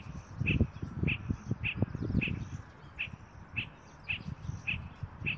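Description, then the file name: Spot-flanked barbet giving short clipped notes repeated about twice a second, over low rumbling noise. "Tricholaema lacrymosa - Spot-flanked Barbet"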